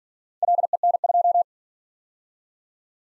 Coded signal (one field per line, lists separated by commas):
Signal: Morse code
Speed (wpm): 48 wpm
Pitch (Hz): 700 Hz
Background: none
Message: LEN2